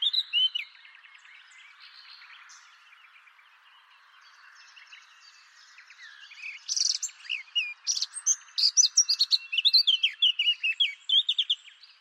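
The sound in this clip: Bird calls open with a short, high whistle. After a long, soft lull, rapid chirps and slurred whistles build into a busy flurry.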